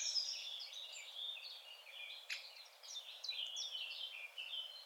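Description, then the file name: Eurasian wren song with rapid high twittering trills and chattering notes, and a single sharp click midway. "Troglodytes troglodytes"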